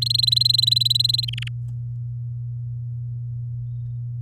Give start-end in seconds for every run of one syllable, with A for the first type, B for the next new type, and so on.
0.01-1.25 A, 1.28-1.48 B